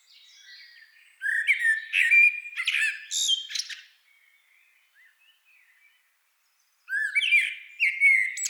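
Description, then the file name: Common blackbird giving bursts of scratchy, squealing notes, a pause of about three seconds, then another burst of shrill calls. "Turdus merula"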